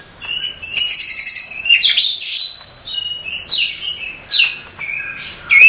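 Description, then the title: Oriental magpie-robin song: varied whistled and chattering phrases, delivered in bursts with short pauses. "Kacer"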